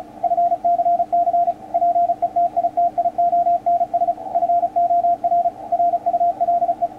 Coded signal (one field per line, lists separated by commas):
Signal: Morse code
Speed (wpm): 34 wpm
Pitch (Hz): 700 Hz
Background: radio noise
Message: FCC PETITIONS FOR RULE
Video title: Yaesu FT-450D HIGH Speed CW Practice? WPM 35